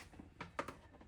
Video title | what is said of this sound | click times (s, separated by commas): How to Remove Rear Door Panels on a 2024–2026 Toyota Corolla Cross - Step-by-Step DIY Tutorial | but just keep wiggling until you snap it into place. There it goes. | 0.6 s